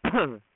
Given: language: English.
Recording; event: throat vibration sensor signal played as sound; cough